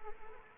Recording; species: mosquito wingbeat signal from an infrared sensor; Anopheles arabiensis